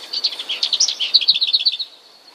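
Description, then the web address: Lesser Whitethroat song: a rapid, dry rattle of many high, evenly spaced notes lasting nearly two seconds, then quiet. "wroblowe kolekcja piegza"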